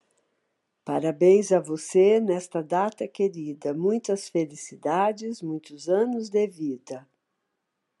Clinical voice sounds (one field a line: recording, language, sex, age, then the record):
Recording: short text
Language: Brazilian Portuguese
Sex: female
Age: 60 to 69 years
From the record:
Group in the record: control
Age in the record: 60 years